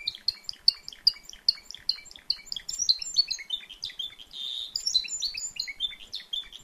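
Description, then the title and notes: Timbrado canary singing quick evenly spaced chirps, then a dense rolling trill and a short buzzy stretch before more rapid repeated notes. Timbrado canary singing at a canary event or competition. "Canario timbrado de Gabriel. reproduccion de un canario en evento"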